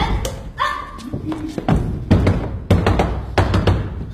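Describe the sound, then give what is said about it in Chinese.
Heavy knocking on a door: a string of loud, dull thuds landing in an uneven rhythm, with a short vocal sound breaking in near the start. “开门呀，我有话对你说。开门呀，你听见了没有？”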